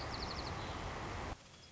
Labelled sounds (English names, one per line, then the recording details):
White-crowned Sparrow
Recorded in Sonoma County, California